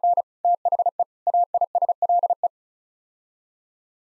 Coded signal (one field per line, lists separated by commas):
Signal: Morse code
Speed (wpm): 36 wpm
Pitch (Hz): 700 Hz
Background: none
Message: N THE AISLE